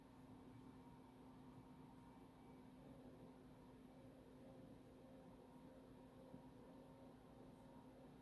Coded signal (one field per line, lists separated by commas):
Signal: FT8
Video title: FT-8 on 80 meters at 0300 in the morning working Asia and north America from the west coast.